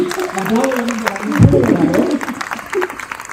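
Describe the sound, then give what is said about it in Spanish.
An audience claps steadily for a few seconds, a dense patter of hand claps running throughout, while voices talk and call out over the applause. “¡Un aplauso”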